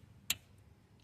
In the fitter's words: that's it. You heard the click.